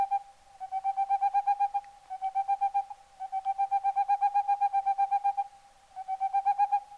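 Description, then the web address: Boreal owl: fast series of even hooting notes that swell and fade, in several runs separated by short pauses. "CIvetta capogrosso"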